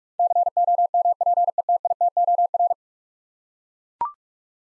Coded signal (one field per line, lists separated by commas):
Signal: Morse code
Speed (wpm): 41 wpm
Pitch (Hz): 700 Hz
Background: none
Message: COMPETITOR